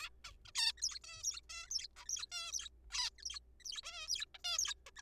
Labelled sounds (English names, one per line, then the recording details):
Zebra Finch
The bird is a juvenile
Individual R3428